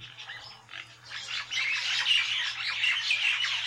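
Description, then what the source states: Common Myna flock calling, a dense noisy chatter of many overlapping harsh squawks, growing louder and then continuous. Large flock gathered together; this noisy chatter is usually heard at dusk when the birds gather to roost, in woods or along city riversides.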